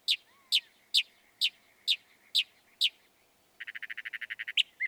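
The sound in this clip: Northern mockingbird song: a series of sharp, evenly spaced chip notes, then a fast rattling trill of rapid repeated notes.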